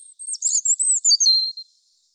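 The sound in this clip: European robin giving a very high, thin, tinkling phrase of quick notes that gradually descends into a softer whistle.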